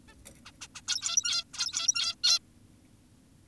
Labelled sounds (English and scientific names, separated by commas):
Zebra Finch (Taeniopygia guttata)